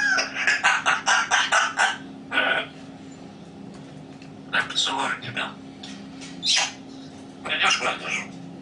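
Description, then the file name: Grey parrot chattering: a rapid run of clipped syllables, then scattered speech-like phrases and short bursts separated by brief silences. Grey parrot named Grig, talking. "a vot eto razgovarivaet odna pernataya skotina po imeni grig"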